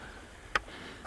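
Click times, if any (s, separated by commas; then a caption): 0.6 s. The round motor power cable plug of an ePropulsion Spirit 1.0 outboard is twisted to line up its pins and pushed into the battery socket. A single sharp pop at 0.6 s marks the pins popping into place, with the plug seated before the collar is locked. The rest of the clip is quiet, with a faint tick near 1.1 s.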